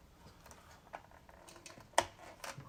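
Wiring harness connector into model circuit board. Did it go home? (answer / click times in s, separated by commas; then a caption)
yes / 2.0 s. A wiring harness connector is pressed gently into a pin header on the model 1966 Batmobile circuit board, taking care not to bend a pin. Soft rustles and small ticks lead up to one sharp, bright click at 1.9 s as the connector seats. A few quieter handling sounds follow.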